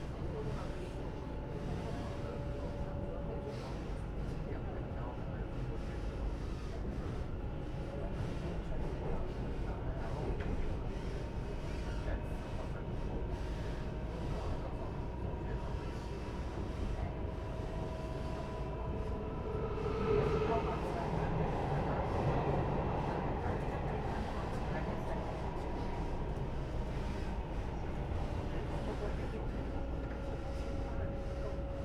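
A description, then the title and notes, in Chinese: A local express train runs between Nangang and Qidu with a steady low rumble of wheels and motors throughout. Faint tonal whines drift in and out, and around twenty seconds the noise swells briefly before settling. Muffled voices sit beneath the ride. 2042區間快車 南港-七堵。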